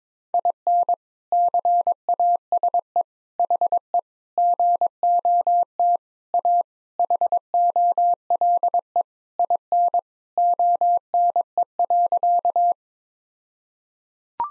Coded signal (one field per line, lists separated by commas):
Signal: Morse code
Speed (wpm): 22 wpm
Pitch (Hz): 700 Hz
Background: none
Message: IN CASE HE GOT A HOLE IN ONE.